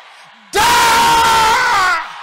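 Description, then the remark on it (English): An audience suddenly erupts into one loud, sustained shout of a prayer that holds steady for about a second and a half before cutting off. “Can I hear you shouting it louder?”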